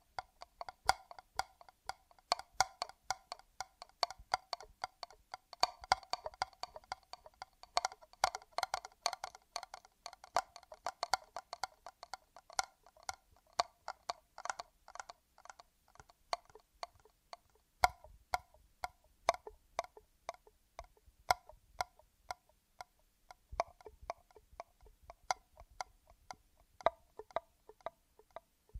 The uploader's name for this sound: ASMR Echoed Triggers